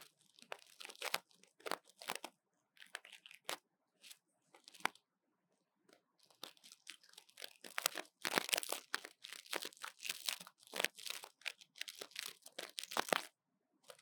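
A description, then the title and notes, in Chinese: Cleaning out a phone's speaker openings gives bright, crackly scraping bursts in irregular clusters, with short silent pauses that fade out after six seconds. ASMR 刺痛注意!!幫手機掏掏耳朵 | Lo-fi | Ear Cleaning | NO Talking。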